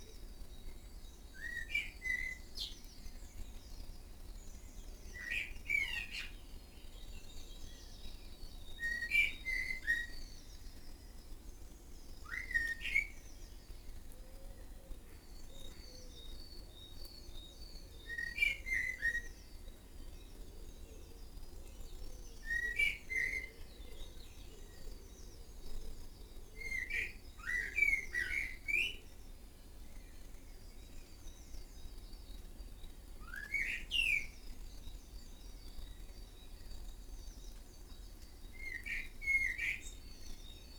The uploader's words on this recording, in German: Frühmorgendliche Vogelkonversation. Morgends gegen halb sechs in meinem Garten unterhalten sich die verschiedensten Vogelarten lauter miteinander als die Marktschreier auf dem Hamburger Fischmarkt.